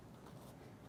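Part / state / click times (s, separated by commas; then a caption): battery pack into quadruped robot dog body / not seated / none. A battery pack is pushed into its bay in the body of a Unitree Go2 EDU quadruped robot dog while the robot is being powered up. Only a steady, low, muffled handling rumble is heard, with no sharp transients. Nothing has seated or clicked yet.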